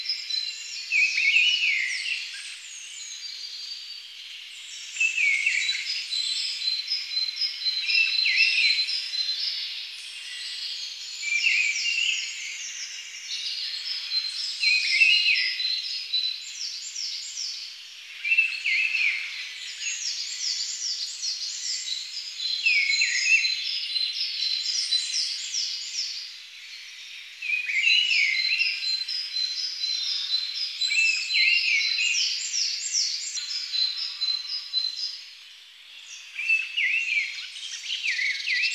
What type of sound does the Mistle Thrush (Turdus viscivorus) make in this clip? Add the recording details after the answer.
song. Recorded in the wild. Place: Kandel /Schwarzwald; Waldkirch, Baden-Württemberg, DE. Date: 2011-04-07. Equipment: MiniDisc Sharp MT 20 H. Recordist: Schwarz, Dieter